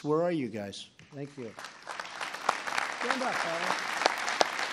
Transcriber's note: applause